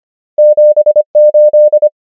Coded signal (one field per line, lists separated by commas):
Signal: Morse code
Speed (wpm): 25 wpm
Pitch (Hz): 600 Hz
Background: none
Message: 7 8